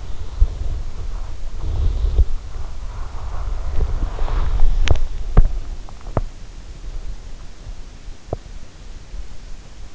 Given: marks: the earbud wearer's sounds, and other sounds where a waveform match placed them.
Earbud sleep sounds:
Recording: sounds in sleep by an in-ear microphone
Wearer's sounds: body movement, teeth grinding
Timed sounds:
0.00-4.89 s: body movement
4.76-5.07 s: teeth grinding
5.23-5.56 s: teeth grinding
6.05-6.34 s: teeth grinding
8.22-8.41 s: teeth grinding

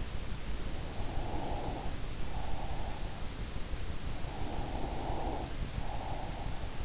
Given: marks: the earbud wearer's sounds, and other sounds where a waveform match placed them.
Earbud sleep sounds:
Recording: sounds in sleep by an in-ear microphone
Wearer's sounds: breath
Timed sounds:
0.64-3.29 s: breath
4.04-6.85 s: breath

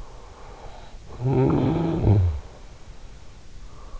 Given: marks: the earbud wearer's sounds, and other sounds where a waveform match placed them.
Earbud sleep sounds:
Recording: sounds in sleep by an in-ear microphone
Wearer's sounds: snoring breath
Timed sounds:
0.39-3.20 s: snoring breath

